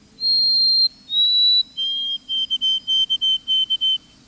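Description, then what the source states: White-throated Sparrow song, pure high whistles: two long steady notes stepping down, then a run of shorter repeated notes on one pitch. Adult sparrow's melancholy whistled song, remembered as 'Old Sam Peabody, Peabody, Peabody'.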